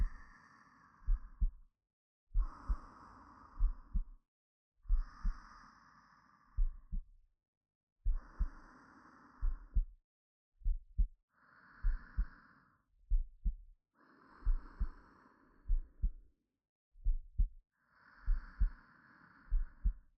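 Soft, low thumps of an adult woman's heart come in lub-dub pairs at a slow, unhurried pace, heard close up with the ear resting against her chest, with a gentle breathy rush swelling and fading over them. The slow heartbeat is meant to be calming, as a sleep aid.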